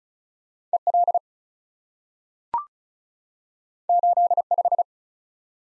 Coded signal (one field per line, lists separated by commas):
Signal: Morse code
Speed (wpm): 36 wpm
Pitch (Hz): 700 Hz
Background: none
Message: EL 85